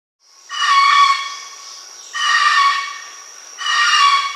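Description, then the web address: Red-throated caracara calling loudly: three harsh, nasal, harmonic cries repeated about every one and a half seconds. Recorded in Peru. "Birds of the Amazon. Red-throated Caracara (Ibycter americanus), Peru"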